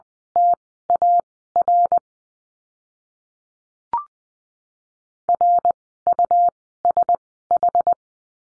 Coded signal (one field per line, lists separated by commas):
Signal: Morse code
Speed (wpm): 20 wpm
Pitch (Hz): 700 Hz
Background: none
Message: TAR RUSH